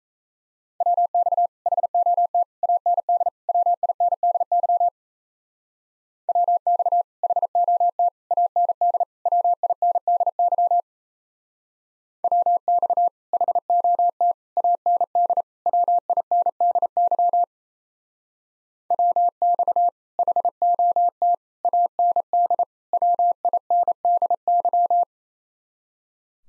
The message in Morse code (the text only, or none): WX HOT AND WINDY WX HOT AND WINDY WX HOT AND WINDY WX HOT AND WINDY